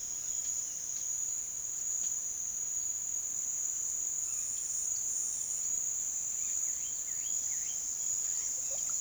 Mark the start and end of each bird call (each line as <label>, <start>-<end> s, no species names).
bird call, 6.42-7.88 s
bird call, 8.41-9.00 s